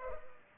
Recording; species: mosquito wingbeat signal from an infrared sensor; Culex pipiens